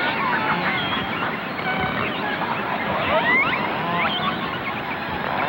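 Whale calls: crowded twisting whistles and squeals, including one bright rising sweep midway, layered over a rough, hissing background.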